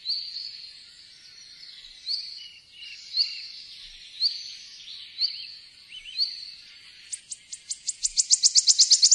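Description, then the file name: Wood warbler song: a run of soft notes repeated about once a second, then a shivering trill that speeds up and grows louder over the last two seconds. "boeksanger"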